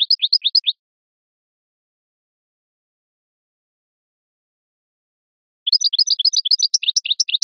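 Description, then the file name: European goldfinch song: a quick burst of high tinkling twitters, a long silence, then another rapid run of liquid chirps. "audio burung goldfinch"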